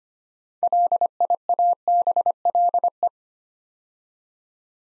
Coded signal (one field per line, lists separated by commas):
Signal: Morse code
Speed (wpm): 25 wpm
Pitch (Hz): 700 Hz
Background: none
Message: LIABLE